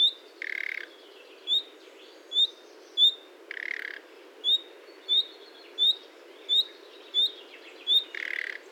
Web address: chant xeno-canto rossignol philomele